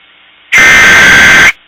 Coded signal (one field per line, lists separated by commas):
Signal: Emergency Alert System (SAME) tones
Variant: header bursts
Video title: Emergency Alert System - Suicidal Tendencies (S1EP1)